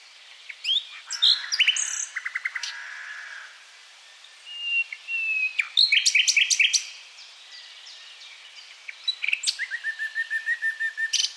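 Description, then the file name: Common nightingale singing varied phrases: a quick buzzy rattle, a drawn whistle, a burst of sharp repeated notes, and a final rapid series of piping notes. "Luscinia megarhynchos"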